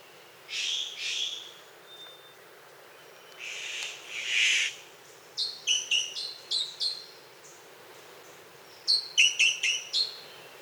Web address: Natures Songs N America Birds of the Costa Rican Cloud Forest 61 Several call examples, including scolds, ends with contact calls at roost